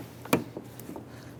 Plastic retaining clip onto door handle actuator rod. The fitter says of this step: and then we're going to push the blue clip over and snap it onto the rod